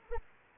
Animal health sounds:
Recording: mosquito wingbeat signal from an infrared sensor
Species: Anopheles arabiensis

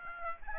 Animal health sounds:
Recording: mosquito wingbeat signal from an infrared sensor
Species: Aedes aegypti

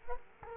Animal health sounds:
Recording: mosquito wingbeat signal from an infrared sensor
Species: Culex quinquefasciatus

